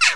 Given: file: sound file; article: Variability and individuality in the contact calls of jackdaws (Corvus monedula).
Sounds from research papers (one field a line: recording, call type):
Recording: jackdaw call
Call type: noisy